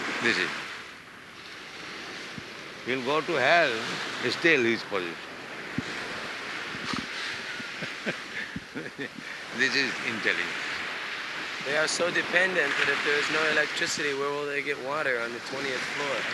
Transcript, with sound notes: This is. He will go to hell; still, his possession. [laughs] This is intelligence.
They are so dependent that if there is no electricity, where will they get water on the twentieth floor?